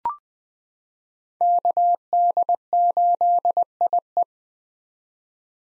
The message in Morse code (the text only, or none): KD8IE